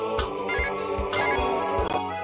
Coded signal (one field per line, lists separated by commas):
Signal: none